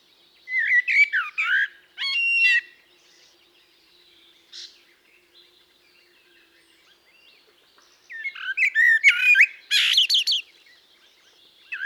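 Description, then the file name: Common blackbird song with warbled fluty phrases and sharp high twittered flourishes, a long near-silent pause, then another run of mellow notes and squeaks. "Turdus merula"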